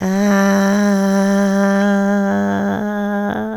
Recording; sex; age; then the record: sustained vowel /a/; female; 60 to 69 years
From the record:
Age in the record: 67 years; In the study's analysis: excluded